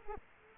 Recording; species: mosquito wingbeat signal from an infrared sensor; Culex quinquefasciatus